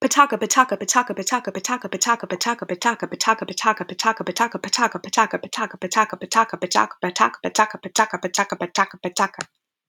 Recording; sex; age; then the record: repeated syllables /pa ta ka/; female; 20 to 29 years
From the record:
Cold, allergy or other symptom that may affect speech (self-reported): no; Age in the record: 26 years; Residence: Florida, United States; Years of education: 19